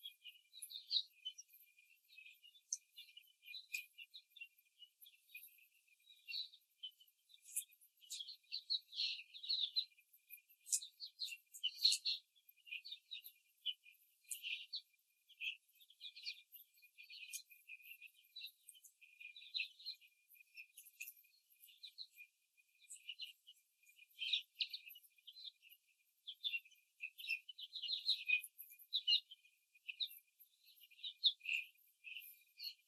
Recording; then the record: young laying hens in a cage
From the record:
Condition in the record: before the stressor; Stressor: simulated dog barking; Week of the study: 3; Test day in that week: 2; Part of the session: 1